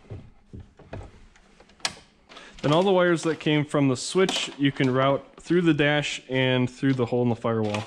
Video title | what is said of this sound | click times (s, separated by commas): Dome Light Installation With Door Switch [Polaris Ranger UTV] | That just snaps into place as well. | 1.9 s